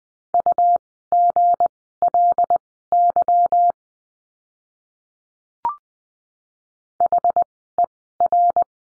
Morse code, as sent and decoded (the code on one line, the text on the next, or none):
..- --. .-.. -.-- / .... . .-.
UGLY HER